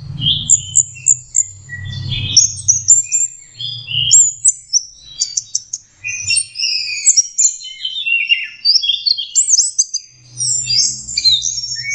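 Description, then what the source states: Orange-headed thrush song, a dense, rapid sequence of very high whistles, trills and chirps, continuous and varied, with a low hum at start and end. Master recording for training Anis Kembang birds; 'teler' song style, version 4.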